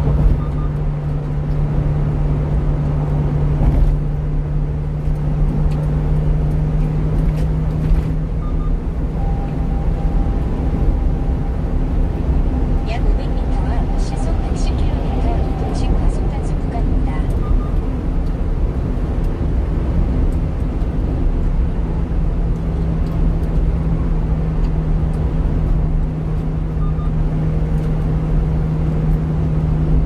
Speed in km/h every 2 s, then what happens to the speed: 91, 93, 94, 98, 102, 106, 108, 108, 108, 104, 100, 99, 96, 97, 96.
0-13 speeds up to 108. 13-30 slows to 96.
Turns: none.